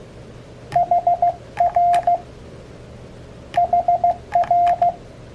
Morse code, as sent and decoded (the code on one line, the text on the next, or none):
.... .-. / .... .-.
HR HR